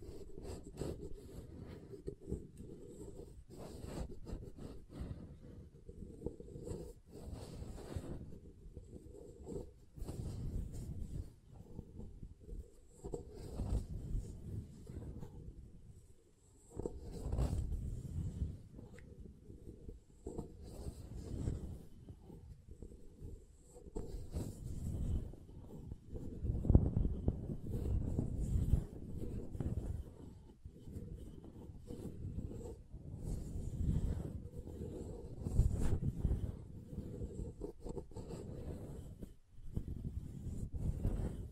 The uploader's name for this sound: SoftHard Soap Tapping and Carving